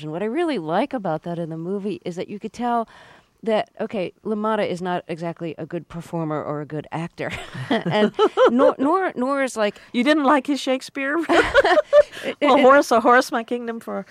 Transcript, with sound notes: What I really like about that in a movie is that you could tell that, OK, LaMotta is not exactly a good performer or a good actor. (Soundbite of laughter) And--nor is like...
You didn't like his Shakespeare?
And...
"A horse, a horse, my kingdom for a..."